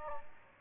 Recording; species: mosquito wingbeat signal from an infrared sensor; Aedes aegypti